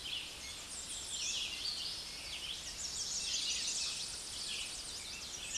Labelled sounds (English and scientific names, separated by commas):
American Redstart (Setophaga ruticilla) song